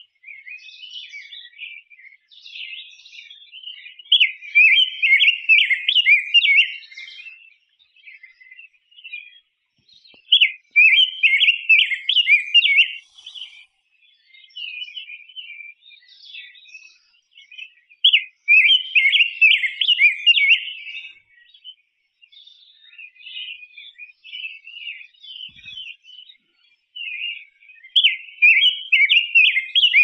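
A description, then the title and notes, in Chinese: A rose-breasted grosbeak sings bright, warbling phrases in repeated bursts about every seven seconds, with softer chirps between and a silent background. 玫胸白翅斑雀的叫声。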